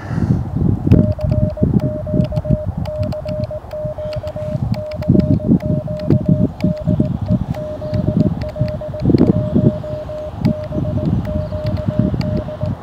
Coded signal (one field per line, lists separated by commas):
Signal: Morse code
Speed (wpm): 19 wpm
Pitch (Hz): 610 Hz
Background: none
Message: CQ CQ CQ DE ZL1BQD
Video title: HAM RADIO - A short tour around some of the New Zealand Lakes for the NZ Lakes Award